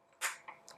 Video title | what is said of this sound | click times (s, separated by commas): Intro to Underwater Photography Part 2 By Karen Bagley | pressure hose on the side of the housing i want you to hear the click | 0.5 s, 0.7 s